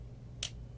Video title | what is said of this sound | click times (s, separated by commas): CRL 0P34 DU | know it'll obviously snap in place like that is the point | 0.4 s